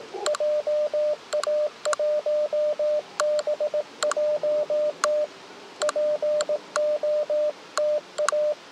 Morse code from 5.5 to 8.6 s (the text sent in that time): POTA